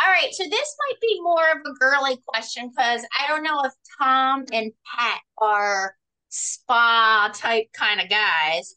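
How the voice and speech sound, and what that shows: A woman asks a group a casual question in clear, fluent, steady-paced everyday speech.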